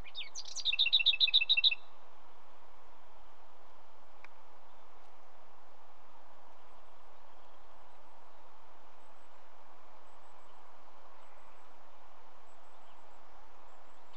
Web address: BBC Sound Effects Library. Lesser Whitethroat